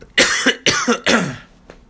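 Three short, harsh coughs from an adult in quick succession, each with an abrupt explosive start and a breathy, noisy tail, about half a second apart, with a faint click near the end.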